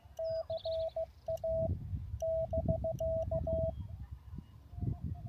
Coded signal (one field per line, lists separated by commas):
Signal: Morse code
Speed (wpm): 16 wpm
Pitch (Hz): 650 Hz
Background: none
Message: CA <BK>